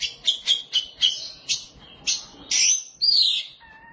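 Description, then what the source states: Oriental magpie-robin song opening with a quick run of short bright notes, then longer buzzy phrases, ending in a low steady whistle. Kacer song.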